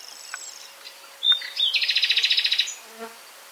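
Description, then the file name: Common nightingale singing a short phrase: a few thin notes, then a loud, rapid, even rattling trill lasting about a second, followed by a faint low note. "Luscinia megarhynchos"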